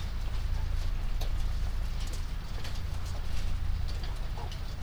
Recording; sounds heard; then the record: poultry house recording; sick chickens (respiratory disease)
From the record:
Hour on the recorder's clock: 23